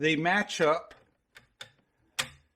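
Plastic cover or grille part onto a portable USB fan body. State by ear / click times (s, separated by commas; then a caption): seated / 2.2 s. Someone talks, then a plastic cover or grille part is lined up notch-to-notch on the body of a Primevovle PF 10 USB portable fan and pressed with the fingers. A couple of faint ticks precede a sharp, loud click at 2.2 s as the cover locks into place.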